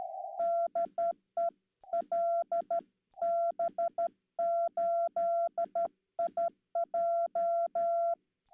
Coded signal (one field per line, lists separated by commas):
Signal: Morse code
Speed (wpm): 13 wpm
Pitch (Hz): 680 Hz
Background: none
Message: DE LB8IJ